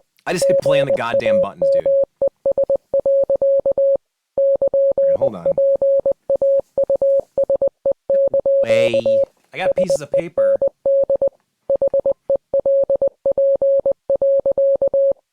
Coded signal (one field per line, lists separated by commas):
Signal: Morse code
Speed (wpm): 20 wpm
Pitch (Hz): 550 Hz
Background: speech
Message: GAMES. <KN>PAUSE) SEND HELP.